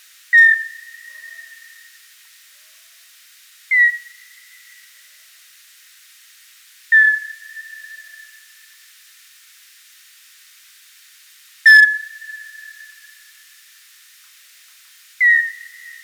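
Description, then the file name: Common noctule echolocation calls: brief downward sweeps settling into long, flat whistled tones, spaced roughly every three to five seconds over a quiet background. Allier, France, May 1997; alternating quasi-constant-frequency and flattened frequency-modulated echolocation calls. "N-noctula Allier mai 1997 M-Barataud"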